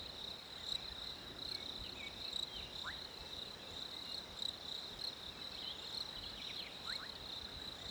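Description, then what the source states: Cricket chirping as a steady, high trill, with occasional faint bird chirps. Winter ambience with crickets and birds.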